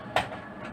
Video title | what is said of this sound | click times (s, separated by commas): Cara menggunakan hinge release | nampak dia dah klik dah bunyi. | 0.2 s